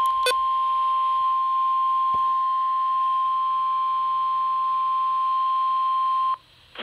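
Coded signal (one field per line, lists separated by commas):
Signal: Emergency Alert System (SAME) tones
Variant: 1050 Hz attention tone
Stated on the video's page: NOAA Weather Radio Required Weekly Tests from two transmitters.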